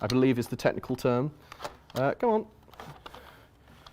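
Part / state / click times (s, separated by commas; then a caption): V-shaped mounting clip of a lamp head into its matching V-shaped mount / seated / 3.1 s. Someone talks while pushing the V-shaped clip on a lamp head into its matching V-shaped mount until the two mate. After some quiet shuffling and small taps, the clip seats with a click at 3.1 seconds.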